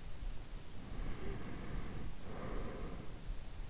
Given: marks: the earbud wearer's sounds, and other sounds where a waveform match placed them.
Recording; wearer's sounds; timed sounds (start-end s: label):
sounds in sleep by an in-ear microphone; breath
0.46-3.18 s: breath